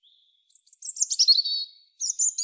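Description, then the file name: European robin: a faint thin note, then a sweet, high twittering phrase ending in a trill, and a second phrase begins. "Erithacus rubecula"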